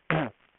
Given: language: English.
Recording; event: throat vibration sensor signal played as sound; throat clearing